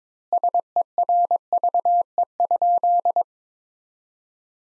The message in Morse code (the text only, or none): SERVE?